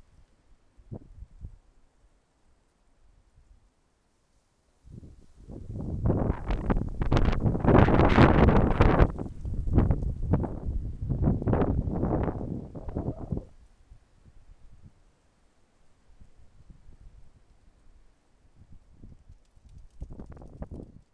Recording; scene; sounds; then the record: everyday scene through a hearing-aid microphone; wind on the microphone; wind, traffic, birds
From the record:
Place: suburban garden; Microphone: behind the ear, left, front